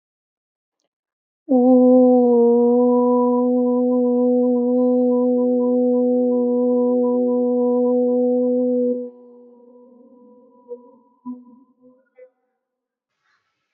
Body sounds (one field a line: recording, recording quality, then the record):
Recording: sustained vowel as in boot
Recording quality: excellent, no background noise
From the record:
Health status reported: healthy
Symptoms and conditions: none ticked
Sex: female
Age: 28 years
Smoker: not ticked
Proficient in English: yes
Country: India